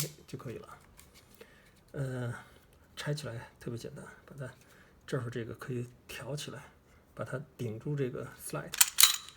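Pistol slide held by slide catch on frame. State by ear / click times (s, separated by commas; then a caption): seated / 9.0 s. Someone talks while pulling back the slide of a Sig Sauer P229 Legion pistol and pushing up the slide catch lever on the frame. A sharp metallic clack at 9.0 s marks the slide locking open to the rear, held in place by the slide catch.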